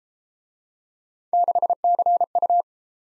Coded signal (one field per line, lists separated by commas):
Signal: Morse code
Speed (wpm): 30 wpm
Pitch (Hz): 700 Hz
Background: none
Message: 6CU